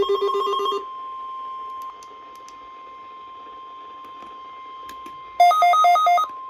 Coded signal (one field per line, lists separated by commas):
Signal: Emergency Alert System (SAME) tones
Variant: 1050 Hz attention tone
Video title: Required Weekly Tests on 1/17/24 EAS #57-58